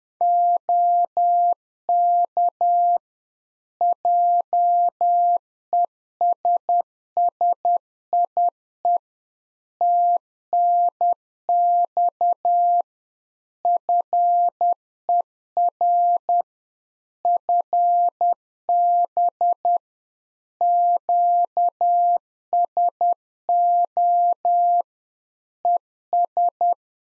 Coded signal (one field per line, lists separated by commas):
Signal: Morse code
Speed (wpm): 10 wpm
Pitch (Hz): 700 Hz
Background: none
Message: OK JESSIE TNX FER FB QSO ES